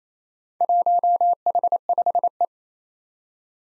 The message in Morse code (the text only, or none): 1H5E